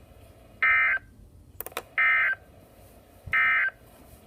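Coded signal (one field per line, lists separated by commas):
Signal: Emergency Alert System (SAME) tones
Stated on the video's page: Severe thunderstorm watches and warnings and a flash flood warning, recorded from NOAA Weather Radio station in Columbus, Ohio.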